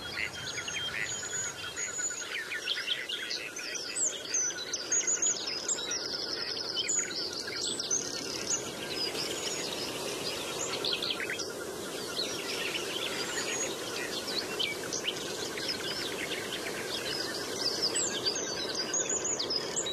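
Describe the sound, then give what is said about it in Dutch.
A bluethroat and a nightingale sing continuously and overlapping at the Vogelmeer in the Kennemerduinen, with rich, varied high whistles, trills and chirps over a steady background hiss and faint insect buzz; no one speaks. “Dat is die blauwborst in die nachtegaal. Gaan de hele nacht doorzingen.”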